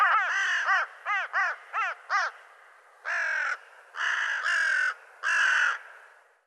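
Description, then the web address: Bird calling in a rapid run of several short arched notes, then four longer, harsher rasping calls against a silent background. "cianscape birddata Deverinetal 2025"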